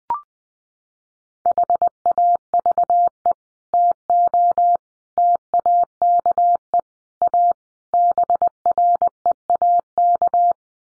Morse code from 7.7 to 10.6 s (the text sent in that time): BREAK